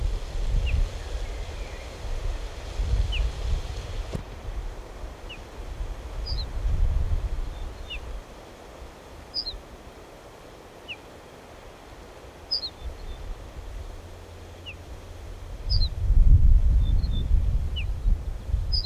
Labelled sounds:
Ortolan Bunting (Emberiza hortulana) alarm call

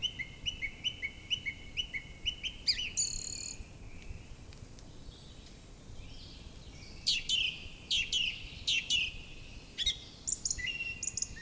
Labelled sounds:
Song Thrush (Turdus philomelos) song

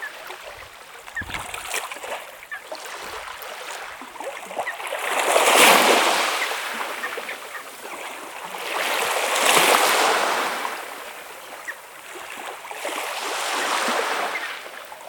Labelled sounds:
Red Knot (Calidris canutus) call

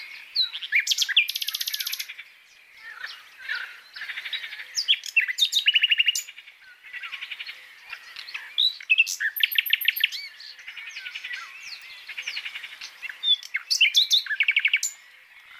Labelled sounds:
Common Nightingale (Luscinia megarhynchos) song

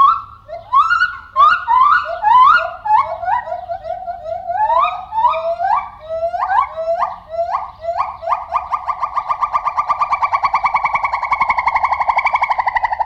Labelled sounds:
Silvery Javan Gibbon (Hylobates moloch)

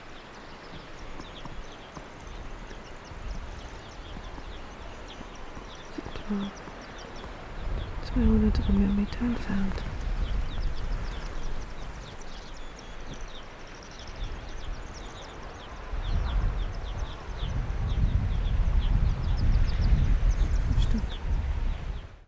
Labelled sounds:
Arctic Fox (Vulpes lagopus)

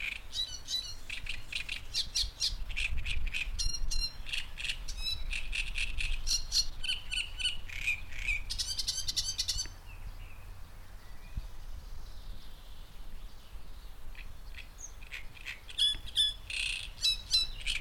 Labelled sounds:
Great Reed Warbler (Acrocephalus arundinaceus)

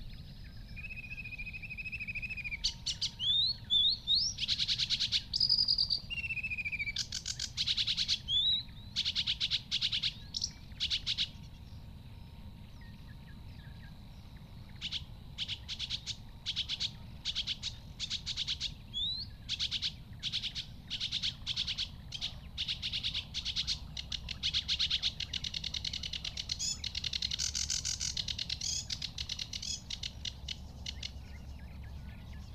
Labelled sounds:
Sedge Warbler (Acrocephalus schoenobaenus) song

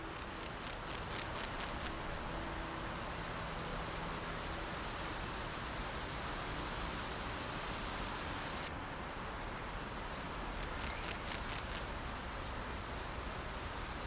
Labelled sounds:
Water-meadow Grasshopper (Chorthippus montanus) stridulation

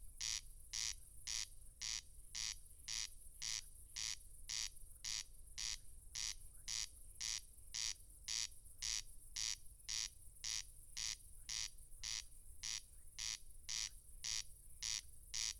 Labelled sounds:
Corn Crake (Crex crex) song

